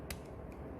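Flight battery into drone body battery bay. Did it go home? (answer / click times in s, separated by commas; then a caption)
yes / 0.1 s. A flight battery is pressed firmly into the rear battery bay of a small TELLO coding drone. It gives one sharp click at 0.1 seconds as it snaps into place, and the battery is seated.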